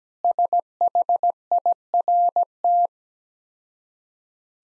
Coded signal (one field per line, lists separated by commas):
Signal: Morse code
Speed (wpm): 17 wpm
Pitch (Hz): 700 Hz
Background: none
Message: SHIRT